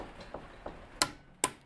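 A torque wrench tightens the clutch nut on a Royal Alloy JPS125 scooter, fitted with a Tasso Works 125 tuning kit, to 70 Nm. Soft ticks at about 0.3 and 0.7 seconds are followed by two sharp, bright clicks at 1.0 and 1.4 seconds as the wrench reaches its setting, confirming the nut is torqued.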